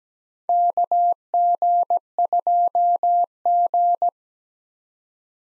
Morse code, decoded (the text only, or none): KG2G